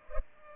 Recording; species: mosquito wingbeat signal from an infrared sensor; Culex pipiens